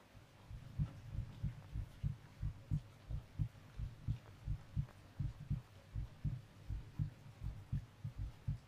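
Steady, regular heartbeat heard with an ear pressed to the chest: soft paired thumps at about 87 beats a minute over a faint low hum.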